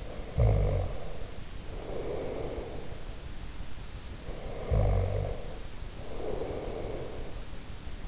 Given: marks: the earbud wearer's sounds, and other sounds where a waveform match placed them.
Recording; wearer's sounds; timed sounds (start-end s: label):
sounds in sleep by an in-ear microphone; snoring breath
0.00-2.85 s: snoring breath
4.14-7.17 s: snoring breath